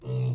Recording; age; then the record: pig call; weaner (32 to 43 days)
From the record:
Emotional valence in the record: negative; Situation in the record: short isolation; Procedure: open field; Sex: female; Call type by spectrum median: low-frequency call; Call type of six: low-frequency stable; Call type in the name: low-frequency stable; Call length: 0.35 s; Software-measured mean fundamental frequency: 62 Hz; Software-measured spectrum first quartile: 126 Hz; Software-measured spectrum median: 161 Hz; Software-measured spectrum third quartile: 407 Hz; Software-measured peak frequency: 123 Hz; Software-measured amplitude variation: 71 dB a second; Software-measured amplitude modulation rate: 21.5 a second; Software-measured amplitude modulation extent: 3.3 dB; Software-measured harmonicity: -3.1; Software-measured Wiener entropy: -0.81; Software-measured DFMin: 1244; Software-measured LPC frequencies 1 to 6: 2671, 3872, 4832, 5936, 6648, 7491 Hz